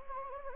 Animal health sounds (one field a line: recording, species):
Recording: mosquito wingbeat signal from an infrared sensor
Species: Anopheles gambiae